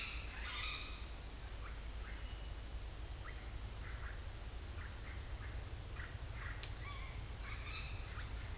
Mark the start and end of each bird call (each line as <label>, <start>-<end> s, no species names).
bird call, 0.00-1.11 s
bird call, 3.01-8.57 s